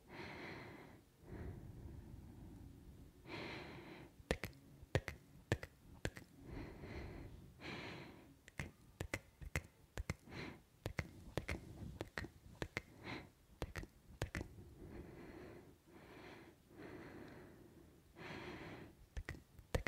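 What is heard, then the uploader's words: Mouth sounds: sharp clicks, tks and kissing pops come in irregular bursts, densest between about 4 and 13 seconds, sometimes in quick runs. Between them, soft breathy hisses rise and fall, with a low rumble underneath throughout. ASMR Mouth Sounds (Kisses, Sk, Tk, Mouth Clicking, Breathing).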